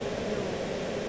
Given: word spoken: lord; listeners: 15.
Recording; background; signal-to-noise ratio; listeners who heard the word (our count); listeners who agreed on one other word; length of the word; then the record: one English word in noise, from a listening test; speech-shaped noise; -6.6 dB; 1 of 15; 6 of 15; 0.69 s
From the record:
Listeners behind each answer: 6, 2, 1, 1, 1, 1, 1, 1, 1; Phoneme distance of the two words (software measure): 31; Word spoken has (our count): 1 syllable, 3 phonemes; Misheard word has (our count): 2 syllables, 4 phonemes, stress on syllable 2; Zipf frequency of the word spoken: 5.07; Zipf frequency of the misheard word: 4.24